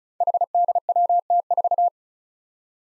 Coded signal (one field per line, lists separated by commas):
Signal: Morse code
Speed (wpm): 36 wpm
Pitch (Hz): 700 Hz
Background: none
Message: HDWT4